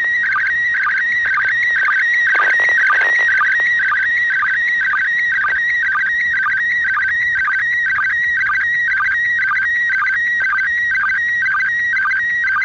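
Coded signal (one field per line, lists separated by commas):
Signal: SSTV (slow-scan television)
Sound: warbling, shifting high tone with steady rhythmic chirps, crackly FM noise bursts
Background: FM radio static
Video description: รับสัญญานเสียงในระบบ SSTV เพื่อถอดรหัสเป็นภาพจากสถานีอวกาศ RS0ISS ด้วยวิทยุ นิดมือถือ รุ่น PILOT 144H สายอากาศ 10 ท่อน ความถี่ 145.8000 MHz. และถอดสัญญานภาพ ด้วยโปรแกรม Robot36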